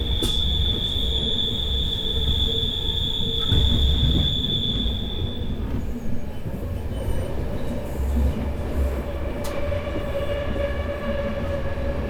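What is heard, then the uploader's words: A train rolls steadily with a dense low rumble, while a high wheel squeal holds for the first six seconds, then gives way to fainter tones. Recorded on a train-ride through Vienna.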